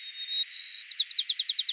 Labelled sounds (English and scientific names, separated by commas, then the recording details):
White-crowned Sparrow (Zonotrichia leucophrys) song
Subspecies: nuttalli
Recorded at Elkhorn Slough, California, in 2014
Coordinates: 36.810, -121.789
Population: admixed
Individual ELKH_maleC